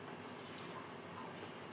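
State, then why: Not seated. An embroidery hoop is slid up under the presser foot and lined up on the embroidery machine carriage, ready to be pushed down and locked. Only a steady, soft broadband hiss is heard, with no sharp transients. Nothing has clicked or locked into place yet.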